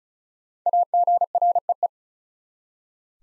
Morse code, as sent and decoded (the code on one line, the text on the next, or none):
.- --. .-. . .
AGREE